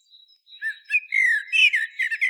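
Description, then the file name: Common blackbird giving a short song burst of low whistled warbles that run into a scratchy twittering finish. A thin high whistle comes just before it. "Turdus merula"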